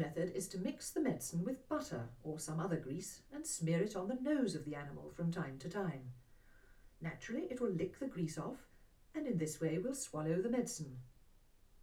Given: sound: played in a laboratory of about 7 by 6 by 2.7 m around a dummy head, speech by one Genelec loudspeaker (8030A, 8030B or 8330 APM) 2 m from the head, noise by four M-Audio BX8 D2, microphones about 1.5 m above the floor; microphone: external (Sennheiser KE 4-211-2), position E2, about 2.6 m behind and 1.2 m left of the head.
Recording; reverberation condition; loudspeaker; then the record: female speech in English; low; 60 degrees to the right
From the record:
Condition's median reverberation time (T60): about 310 ms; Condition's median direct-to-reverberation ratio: about 3.5 dB